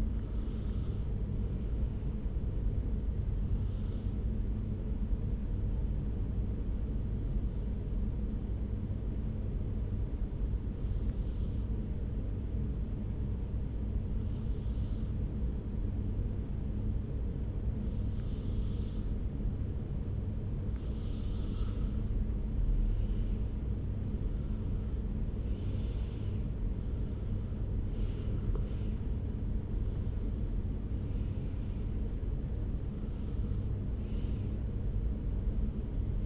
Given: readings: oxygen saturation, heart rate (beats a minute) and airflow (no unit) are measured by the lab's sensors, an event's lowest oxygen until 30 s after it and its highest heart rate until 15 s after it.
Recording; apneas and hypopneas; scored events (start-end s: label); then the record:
breathing in sleep by a smartphone at the bedside; 1
7.00-22.40 s: hypopnea (N2, oxygen 95% highest, then 92% lowest)
From the record:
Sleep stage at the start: N2 (light sleep); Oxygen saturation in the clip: 92 to 95%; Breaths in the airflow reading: 12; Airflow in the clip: -4.9 to 4.8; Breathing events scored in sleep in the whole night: 335 in 6.7 hours asleep